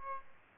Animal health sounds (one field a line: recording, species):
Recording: mosquito wingbeat signal from an infrared sensor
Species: Aedes albopictus